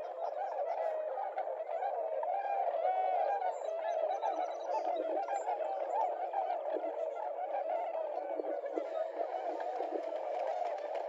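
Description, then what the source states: Tundra swans honking together in a dense flock, a constant babble of overlapping calls with occasional clearer bugled notes. Several tundra swans.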